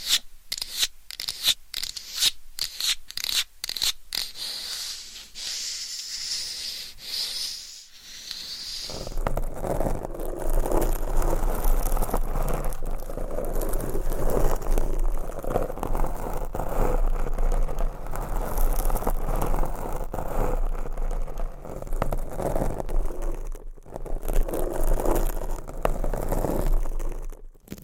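Nails scratching across a mic cover, first as quick separate bursts of bright rasping through the opening eight seconds. Then the sound shifts to a lower, louder, continuous rubbing scrape that runs steadily to the end with brief breaks near 24 and 27 seconds.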